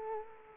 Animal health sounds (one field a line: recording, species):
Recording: mosquito wingbeat signal from an infrared sensor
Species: Culex quinquefasciatus